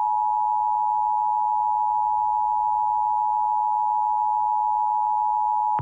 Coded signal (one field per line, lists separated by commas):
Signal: Emergency Alert System (SAME) tones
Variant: 853 and 960 Hz attention tone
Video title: EAS Short Scenario 27 - The Mummy